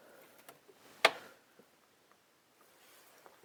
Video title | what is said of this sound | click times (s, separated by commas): DIY repair - Thermostat - Coolant temperature sensor | I could hear the small click and the button went inside the valve. | 1.0 s